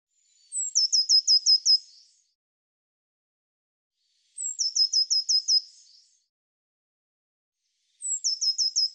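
Bird song repeated roughly every three and a half seconds: a high opening note, then five quick, evenly spaced descending chirps, with quiet gaps between phrases.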